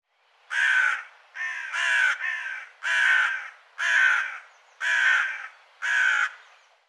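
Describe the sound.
Bird giving a run of about seven harsh caws, some doubled or slightly broken, repeated roughly once per second.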